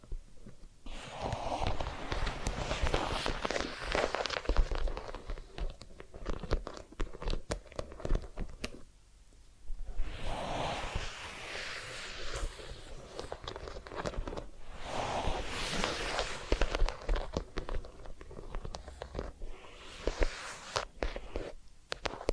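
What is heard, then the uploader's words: Crackly rubbing and scratching of an ear cleaning and massage come in dense bursts, pausing briefly near nine seconds before resuming. ASMR Relaxing Massage, Ear Cleaning and Spa Making You Sleep Instantly (No Talking).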